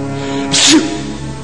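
A single acted sneeze from an adult: a brief, sharp, hissing burst of breath over a steady low background hum.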